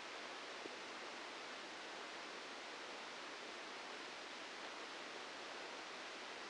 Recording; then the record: brain microelectrode recording played as sound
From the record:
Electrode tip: inside the subthalamic nucleus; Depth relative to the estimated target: -1 mm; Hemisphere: left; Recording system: NeuroSet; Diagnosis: Parkinson's disease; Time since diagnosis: 8 years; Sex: male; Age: 59 years